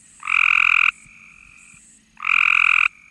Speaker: Here's the call of a Cope's gray tree frog.